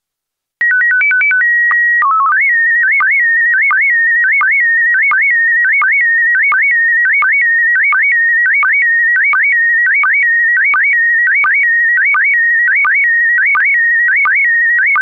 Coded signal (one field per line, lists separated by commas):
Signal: SSTV (slow-scan television)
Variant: PD 90